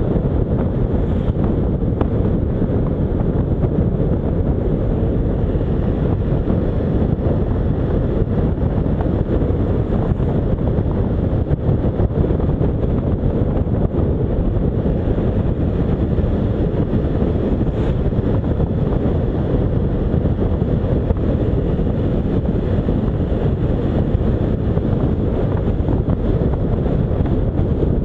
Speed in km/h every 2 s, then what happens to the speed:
48, 45, 47, 50, 52, 51, 50, 52, 53, 54, 57, 61, 61, 59.
0-12 steady at about 50. 12-22 speeds up to 61. 22-28 steady at about 61.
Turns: none.